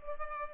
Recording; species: mosquito wingbeat signal from an infrared sensor; Culex pipiens